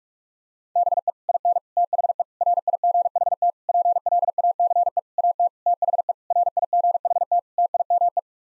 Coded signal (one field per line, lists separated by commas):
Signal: Morse code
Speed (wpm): 42 wpm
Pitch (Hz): 700 Hz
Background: none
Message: BE IN THE RIGHT PLACE AT THE RIGHT TIME